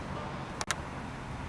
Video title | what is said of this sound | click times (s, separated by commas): StreetSounds Installation | you hear that click its installed if you don't hear the click you need to make sure that it's seated properly so | 0.6 s, 0.7 s